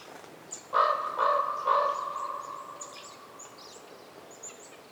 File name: WINTER Forest day raven calls reverberating and other birds chirps with some wind, North Laurentian Woods, Canada